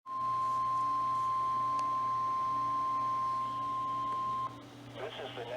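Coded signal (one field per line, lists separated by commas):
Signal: Emergency Alert System (SAME) tones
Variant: 1050 Hz attention tone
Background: speech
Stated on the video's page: Required Weekly Test broadcast on NOAA Weather Radio.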